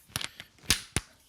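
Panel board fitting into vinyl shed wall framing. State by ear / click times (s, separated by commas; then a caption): not seated / none. A panel board is handled and pushed into position against the vinyl shed wall framing because the fit is slightly off, making a few light knocks early on and sharper bangs at 0.7 and 1.0 seconds. The clip ends before the board goes home, and nothing has seated yet.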